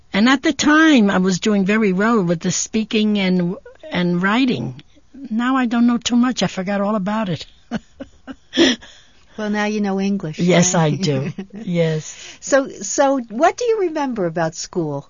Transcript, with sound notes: And at the time I was doing very well with the speaking and, and writing. Now I don't know too much. I forgot all about it. (she laughs)
Well, now you know English.
Yes, I do. Yes.
So, so, what do you remember about school?